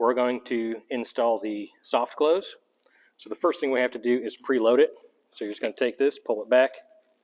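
Someone talks while handling the actuator of a soft-close damper for a pocket door track, about to pull it back to preload it into its cocked position. Only speech is heard, with no snap. Nothing has seated or clicked yet.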